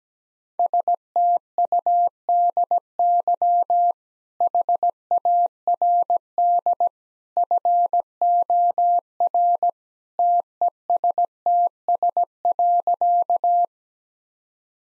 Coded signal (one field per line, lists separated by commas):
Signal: Morse code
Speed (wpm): 17 wpm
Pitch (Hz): 700 Hz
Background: none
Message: STUDY HARD FOR TESTS.